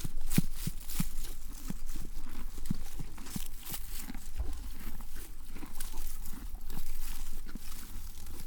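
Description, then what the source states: Horse chewing: rhythmic crunches at an uneven pace, over a constant low hum. Horse eating grass and hay.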